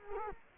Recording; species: mosquito wingbeat signal from an infrared sensor; Culex quinquefasciatus